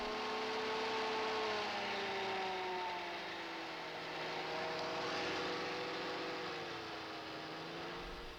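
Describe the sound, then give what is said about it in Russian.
A vehicle engine runs steadily over a broad, continuous rumble, its humming tones gliding and shifting in pitch as it pulls away; no one speaks. “Пошла машина! Так, ребята, теперь можно и побыстрее.”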